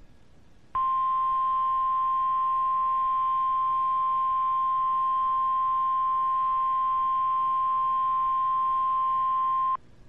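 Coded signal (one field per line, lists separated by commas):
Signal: Emergency Alert System (SAME) tones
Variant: 1050 Hz attention tone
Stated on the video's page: NOAA Weather Radio required weekly test received on a Kaito KA110, station serving DeKalb, NWS Chicago.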